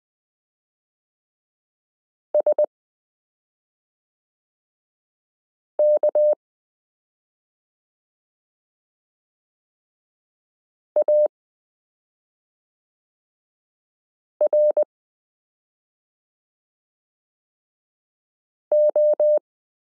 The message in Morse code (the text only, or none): SKARO